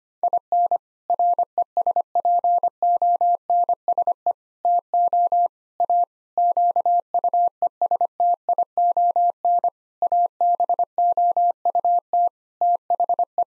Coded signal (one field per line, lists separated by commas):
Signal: Morse code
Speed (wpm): 25 wpm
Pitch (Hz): 700 Hz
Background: none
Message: IN RESPONSE TO A QUESTION ABOUT THE